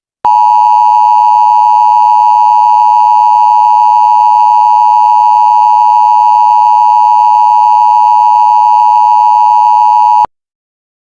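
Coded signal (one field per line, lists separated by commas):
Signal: Emergency Alert System (SAME) tones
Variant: 853 and 960 Hz attention tone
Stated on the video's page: Mock EAS scenario for a Cascadia hurricane.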